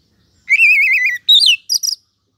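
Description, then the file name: Oriental magpie-robin phrase: a long quavering whistle, then a higher wavering note and two brief sharp high notes. "Suara-Kacer-Versi-1"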